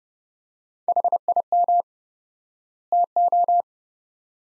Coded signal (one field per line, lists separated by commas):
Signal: Morse code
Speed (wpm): 30 wpm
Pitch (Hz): 700 Hz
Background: none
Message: HIM TO